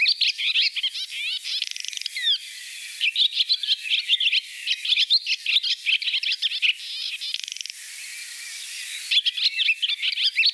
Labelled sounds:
Barn Swallow (Hirundo rustica) song
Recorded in the wild
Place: Gottenheim / Freiburg im Breisgau, Baden-Württemberg, DE
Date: 1983-07-03
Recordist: Schwarz, Dieter

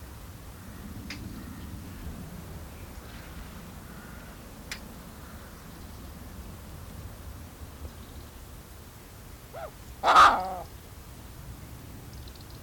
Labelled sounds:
Koklass Pheasant (Pucrasia macrolopha) call
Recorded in captivity
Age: adult
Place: Tierpark Berlin, Berlin, DE
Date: 1993-12-18 11:12
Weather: bedeckt, 2 °C
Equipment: Marantz CP 430, Sennheiser MKH 416 T, Kopie Uher Variocord 263
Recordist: Tembrock, Günter

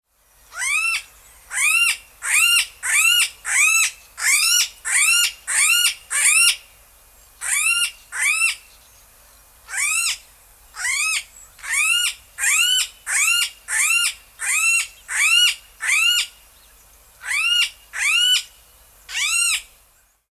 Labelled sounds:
Lesser Vasa Parrot (Coracopsis nigra)
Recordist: Tembrock, Günter
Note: Rufe

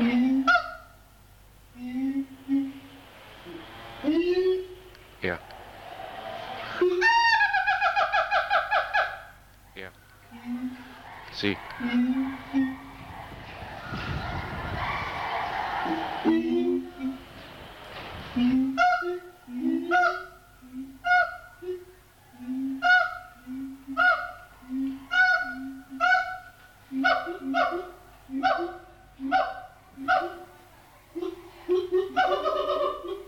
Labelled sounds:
Siamang (Symphalangus syndactylus)
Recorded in captivity
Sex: diverse
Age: diverse
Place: Zoo Berlin, Berlin, DE
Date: 1984-12-07 10:25
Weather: sonnig, 5°C
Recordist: Tembrock, Günter

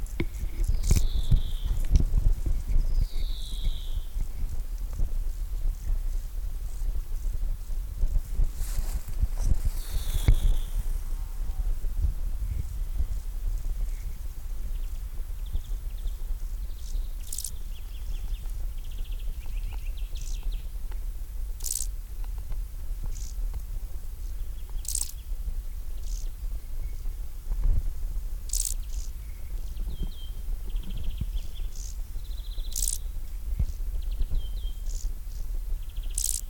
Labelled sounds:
Field Grasshopper (Chorthippus brunneus) stridulation
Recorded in the wild
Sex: male
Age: imago
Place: Groß Schönebeck, Schorfheide, Brandenburg, DE
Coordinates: 52.91, 13.53
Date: 1996-08-03 12:13
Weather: heiter, 23°C
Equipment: Sony MD-WM MZ-R3, Sennheiser ME 80, Kopie Uher 4000 Report Monitor
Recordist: Tembrock, Günter

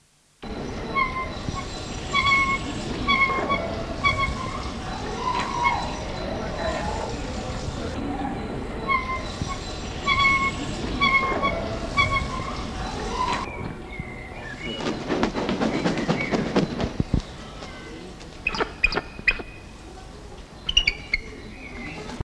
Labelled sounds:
Bald Eagle (Haliaeetus leucocephalus) call
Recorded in captivity
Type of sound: call
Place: Zoo Nürnberg, Bayern, DE
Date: 1983-05-28
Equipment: Halbspur, 9,5 cm/s
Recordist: Lütgens, Hans
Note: Mit Intimlauten beim Nestbau

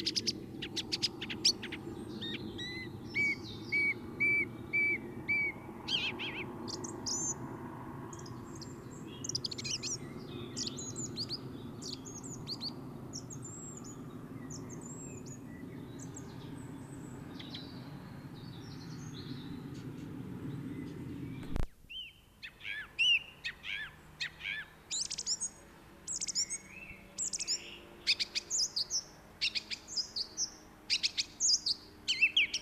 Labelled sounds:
Song Thrush (Turdus philomelos) song
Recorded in the wild
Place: Kaiserslautern, Rheinland-Pfalz, DE
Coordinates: 49.3939, 7.30611
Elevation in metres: 313
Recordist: Tretzel, Erwin

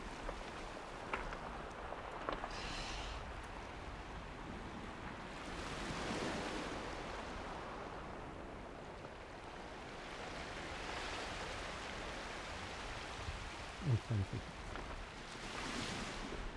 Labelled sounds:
Northern Fur Seal (Callorhinus ursinus)
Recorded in the wild
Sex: male
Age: adult
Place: Insel Mednyi, Kommandeur-Inseln, RU
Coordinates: 54.5061, 168.095
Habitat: sea
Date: 1999-06-26 18:40
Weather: cloudy, 9°C, weak winds
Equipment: Sony TCD-D8, Sennheiser MKH 70, Windkorb
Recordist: Frommolt, Karl-Heinz

